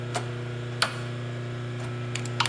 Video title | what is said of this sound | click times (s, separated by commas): Rosback 250C / 318 3-Knife Trimmer Setup Demo with Cuefeeder | you can hear it clicking | 0.2 s, 0.8 s, 2.2 s, 2.4 s